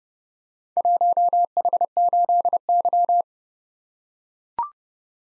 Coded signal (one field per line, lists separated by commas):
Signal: Morse code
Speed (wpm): 30 wpm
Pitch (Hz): 700 Hz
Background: none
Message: 1H8Y